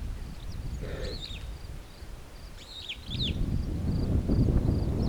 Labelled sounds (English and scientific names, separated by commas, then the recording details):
Superb Starling (Lamprotornis superbus) flight call
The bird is a male
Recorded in Kenya on 18 June 2010
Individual 30, of group DRT2